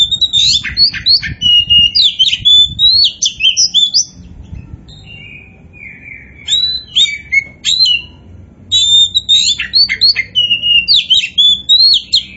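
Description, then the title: Oriental magpie-robin song: long run of loud, varied whistled phrases with scratchy notes, broken by short pauses, continuing almost throughout. Poci-type Oriental magpie-robin singing continuously and vigorously (gacor). "Kacer Poci"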